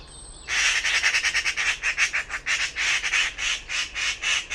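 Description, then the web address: Bird calls begin after a short faint whistle: a fast run of rough, scratchy squawks, about three a second, continuing steadily to the end. "cianscape birddata Deverinetal"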